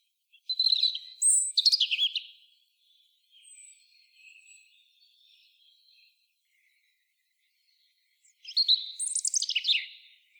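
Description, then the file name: European robin song: a high warbling phrase with trills, quiet thin notes in the gap, then a second descending tumbling phrase. "Erithacus rubecula"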